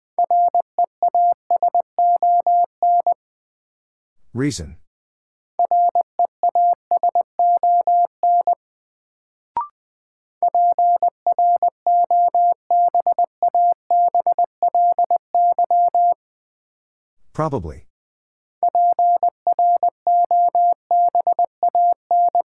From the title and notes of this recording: First, the word is sent in Morse code. Then it is spoken. 20wpm.